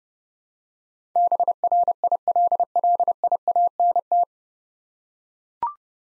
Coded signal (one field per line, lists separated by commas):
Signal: Morse code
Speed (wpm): 30 wpm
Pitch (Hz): 700 Hz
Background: none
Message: BRILLIANT